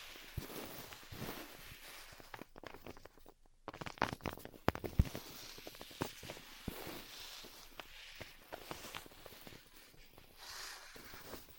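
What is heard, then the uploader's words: Styrofoam being heat-cut gives a dense, uneven run of soft crackles, squeaks and scraping strokes with sharp clicks, briefly quieter around four seconds. ASMR Styrofoam Heat Cutting (No Talking).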